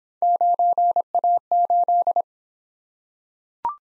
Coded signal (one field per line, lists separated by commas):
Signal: Morse code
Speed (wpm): 24 wpm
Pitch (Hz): 700 Hz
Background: none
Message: 9A8